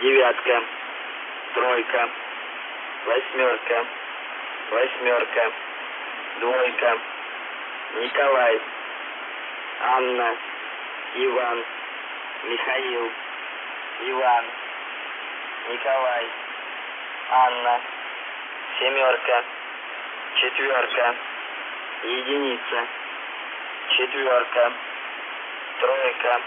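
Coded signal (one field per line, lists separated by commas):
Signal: coded military voice message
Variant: UVB-76 voice message, Russian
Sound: male voice reading Russian digits and phonetic names one by one over radio hiss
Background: radio static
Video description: On August 23, 2010 a voice message was detected, it was a male voice speaking in Russian with a pronounced Jewish accent reading out a short message twice that included numbers and names.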